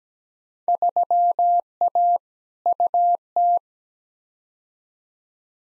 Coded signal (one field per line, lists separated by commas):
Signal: Morse code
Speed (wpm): 17 wpm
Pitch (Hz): 700 Hz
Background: none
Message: 3A UT